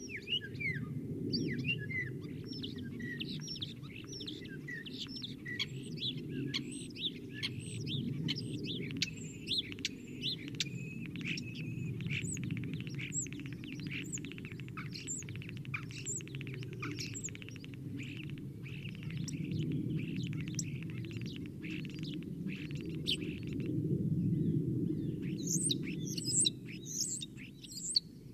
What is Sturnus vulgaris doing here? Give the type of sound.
song